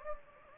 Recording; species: mosquito wingbeat signal from an infrared sensor; Anopheles gambiae